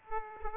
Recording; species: mosquito wingbeat signal from an infrared sensor; Aedes aegypti